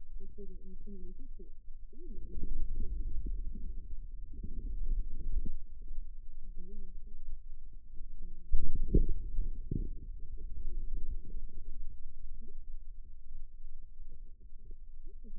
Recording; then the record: forearm muscle sounds (acoustic myography)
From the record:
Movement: inward rotation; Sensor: system 2, bracelet of six BSWA MPA416 microphones around the upper forearm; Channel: 2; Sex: male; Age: 22 years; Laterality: right